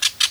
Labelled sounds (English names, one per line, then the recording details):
Brown-throated Parakeet contact call
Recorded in Venezuela
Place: Guárico; Corozopando; Fundo La Fe
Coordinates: 8.506, -67.593